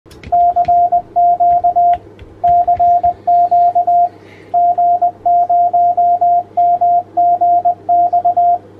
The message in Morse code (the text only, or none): CQ CQ G0MGX